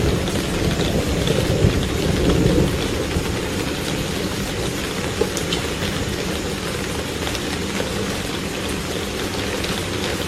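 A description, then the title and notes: Heavy rain pours steadily onto a roof, a dense, unbroken hiss with a deep, rumbling undertone. Around two seconds in, the low rumble swells briefly, like distant thunder, then settles back as the downpour continues unchanged, with scattered sharper drips. Heavy Rain And Thunder Sounds. Heavy rainfall on the roof and powerful thunder at night.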